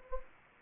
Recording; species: mosquito wingbeat signal from an infrared sensor; Anopheles gambiae